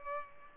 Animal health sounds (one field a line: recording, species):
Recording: mosquito wingbeat signal from an infrared sensor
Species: Culex pipiens